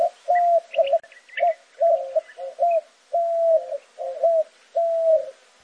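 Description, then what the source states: White-winged dove cooing, low hollow drawn-out and clipped notes in a rhythmic phrase. Male cooing from atop a saguaro cactus in the morning in southern Arizona.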